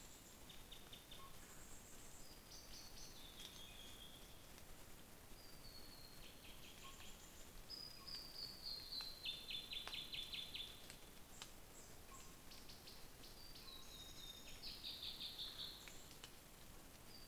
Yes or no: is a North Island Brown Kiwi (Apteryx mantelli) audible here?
no